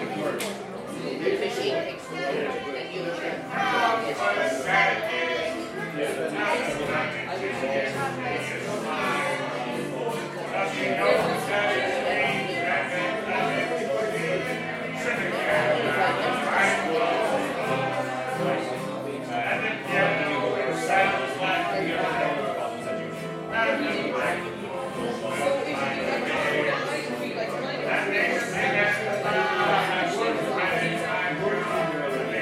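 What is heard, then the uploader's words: A crowd sings along together at Tigh Ruairi on Inis Oirr, many voices blending into a thick, steady wash of sound for the whole stretch. The loudness stays high and even, with overlapping talk and chatter mixed into the singing throughout. Irish Sing Along at Tigh Ruairi, Inis Oirr, Ireland.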